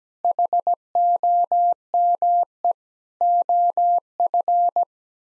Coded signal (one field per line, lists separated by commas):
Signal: Morse code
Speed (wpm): 17 wpm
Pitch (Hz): 700 Hz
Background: none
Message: HOME OF